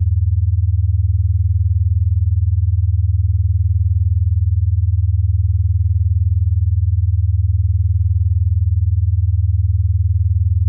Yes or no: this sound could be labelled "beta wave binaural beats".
yes